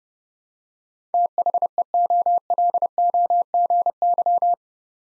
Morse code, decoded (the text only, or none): THEOLOGY